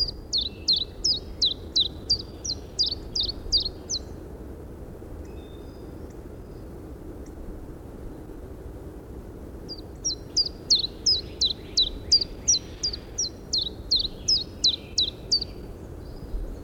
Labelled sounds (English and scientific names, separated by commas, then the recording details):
Common Chiffchaff (Phylloscopus collybita) song
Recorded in the wild
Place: Pingarati, Moldova, RO
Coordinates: 46.93, 26.187
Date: 1973-04-18
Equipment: Nagra III BH, Sennheiser MD 21, parabola
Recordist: Schubert, Michael
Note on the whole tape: Gesang Zilpzalp